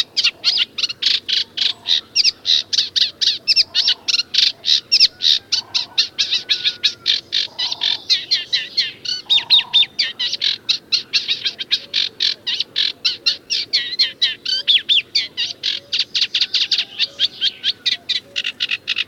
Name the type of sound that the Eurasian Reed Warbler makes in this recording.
song